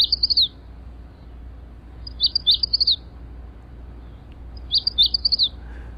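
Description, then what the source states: Magnolia Warbler singing brief high-pitched phrases of rapid, clipped whistled notes, three songs spaced about two and a half seconds apart, with near silence between them. Small songbird that winters in the tropics and breeds from central Canada south to Virginia.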